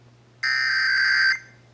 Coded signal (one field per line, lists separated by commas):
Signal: Emergency Alert System (SAME) tones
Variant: header bursts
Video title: (EAS #698-709) June 2024 Texas Required Monthly Test